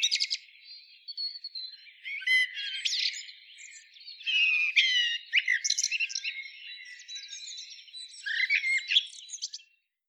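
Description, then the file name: Common blackbird producing a varied run of chirps, trills and squeaky notes. "Turdus merula"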